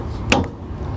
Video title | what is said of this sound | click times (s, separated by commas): Setting up the Stealth Hitches Hidden Trailer Hitch Receiver w/ Towing Kit on your 2018 Lexus RX 350 | Push it into place until it clicks in. Just | 0.3 s